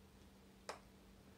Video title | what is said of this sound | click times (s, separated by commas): Take Five - Fabric haul, a yukky sewing pattern, and a broken cup | so it said push that until you hear a click right | 0.7 s